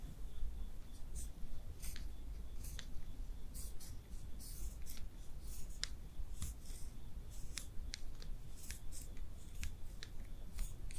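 Makeup is being applied with no talking, heard as a steady run of soft brushing and tapping. Short crisp ticks and light clicks come every second or so, some bright and sharp, over a low continuous rumble that runs throughout.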